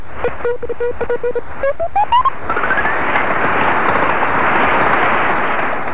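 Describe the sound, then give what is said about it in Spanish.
Shortwave radio with unintentional interference from a telegraph signal: a series of short Morse-like beeps, then rising whistling tones that give way to a loud, steady hiss of static. “Escuchemos un ejemplo de una interferencia no intencional de una señal telegráfica.”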